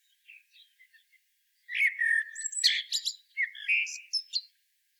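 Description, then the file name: Common blackbird song: a few faint soft notes, then a loud fluted warble mixed with sharp high squeaks and twittering over about three seconds. "Turdus merula"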